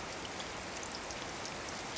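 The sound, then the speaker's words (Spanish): Heavy rain falls in a dense, steady hiss, with scattered brighter droplet patters across the top and no voices. “La lluvia está empeorando.”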